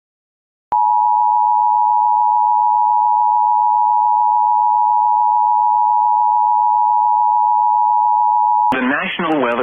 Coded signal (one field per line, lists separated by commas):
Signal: Emergency Alert System (SAME) tones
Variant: 853 and 960 Hz attention tone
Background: speech